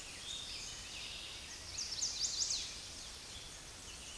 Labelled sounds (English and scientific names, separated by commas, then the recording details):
Chestnut-sided Warbler (Setophaga pensylvanica) song
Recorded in a Pennsylvania forest on 16 May 2024 at 08:38
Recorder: AudioMoth, point MSD-2349
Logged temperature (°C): 15.8 °C
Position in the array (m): 21 m, 25 m